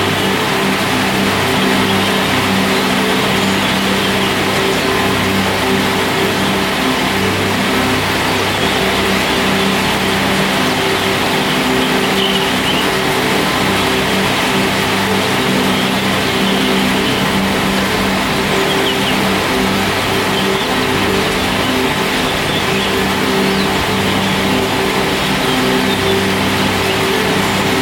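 A dense, unbroken noise wall built from nature recordings, holding the same loudness throughout. Steady low hum lines sit beneath a thick hiss that reaches high up, with a rumbling, engine-like texture and faint rain-like patter but no distinct events.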